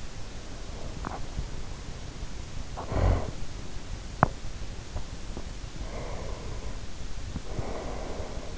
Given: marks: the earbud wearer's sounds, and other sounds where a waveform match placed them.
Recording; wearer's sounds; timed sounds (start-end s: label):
sounds in sleep by an in-ear microphone; swallowing, snoring breath, teeth grinding, breath
0.65-1.33 s: swallowing
2.63-3.38 s: snoring breath
4.06-5.49 s: teeth grinding
5.65-8.57 s: breath